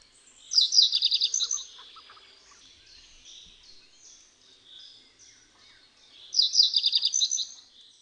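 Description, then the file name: Common reed bunting song, a short jangling phrase of quick repeated high notes, given twice about six seconds apart, with softer notes between. "POTRZOS"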